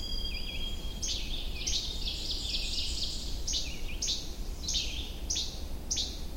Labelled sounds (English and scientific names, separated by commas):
Ovenbird (Seiurus aurocapilla) song